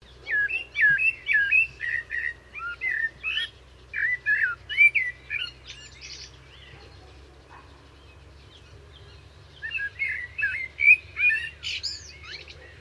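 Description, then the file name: Common blackbird singing rapid runs of mellow whistled and chattering notes, a long stretch, a quiet gap, then another burst of varied whistles. "Turdus merula"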